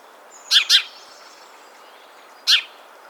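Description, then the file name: House sparrow with a quick doubled chirp followed about two seconds later by one more harsh chirp, a faint thin whistle running underneath. "Passer domesticus"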